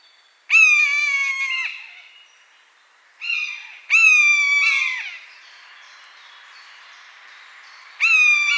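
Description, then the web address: Buzzard mewing: long, drawn-out, slightly falling cries about every three to four seconds, with one shorter, fainter call between them. "animal-sound buzzard-sound"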